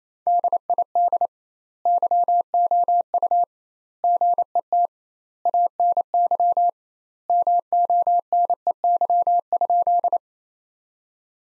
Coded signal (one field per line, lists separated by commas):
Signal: Morse code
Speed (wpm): 28 wpm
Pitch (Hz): 700 Hz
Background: none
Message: DID YOU GET ANY MONEY?